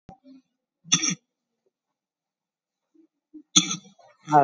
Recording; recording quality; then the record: shallow voluntary cough; moderate, slight background noise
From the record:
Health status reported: COVID-19 positive, mild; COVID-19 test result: positive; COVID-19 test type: RT-PCR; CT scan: taken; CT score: 2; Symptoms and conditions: sore throat, fever, diabetes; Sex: female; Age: 70 years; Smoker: no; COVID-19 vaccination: none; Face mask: worn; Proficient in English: yes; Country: India